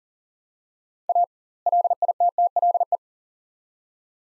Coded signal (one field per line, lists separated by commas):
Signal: Morse code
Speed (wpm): 40 wpm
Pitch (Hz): 700 Hz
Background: none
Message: A LITTLE